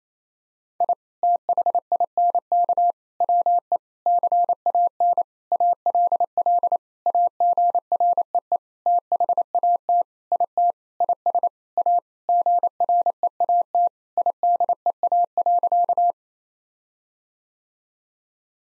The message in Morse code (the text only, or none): I THINK WE CAN ALL AGREE THAT IT IS A GREAT IDEA.